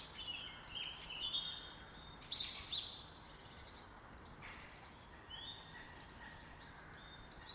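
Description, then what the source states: Bird song: high chirps and whistled phrases, loudest in the first three seconds, then quieter scattered notes over steady background hiss. In a garden.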